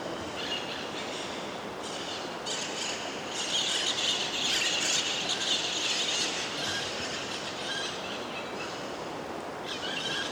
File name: Periquitas vindo do fundo da caverna terra ronca 1 muita reverberacao, rio nao muito longe, gravacao em ab